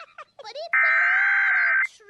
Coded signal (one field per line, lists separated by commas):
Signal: Emergency Alert System (SAME) tones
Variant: header bursts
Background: speech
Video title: EAS Tornado Drill interrupts plotagon channel HD'S normal programming {April 30th 2018}